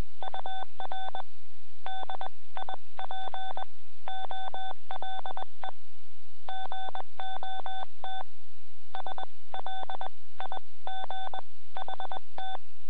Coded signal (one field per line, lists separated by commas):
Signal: Morse code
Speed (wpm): 21 wpm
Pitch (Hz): 3500 Hz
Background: none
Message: UR DIP OLE GOT SLIGHT